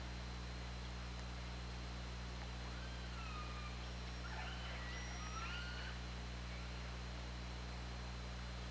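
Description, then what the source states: Killer whale calls, a cluster of harmonic, wavering squeals in the middle, set against constant hum and background hiss. Underwater hydrophone at OrcaLab, 24 August 2017, 20:45:57.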